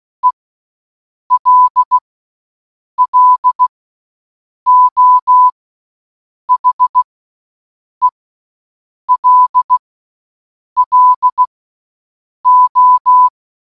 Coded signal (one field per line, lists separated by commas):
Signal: Morse code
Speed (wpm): 16 wpm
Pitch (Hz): 1000 Hz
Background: none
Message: ELLO HELLO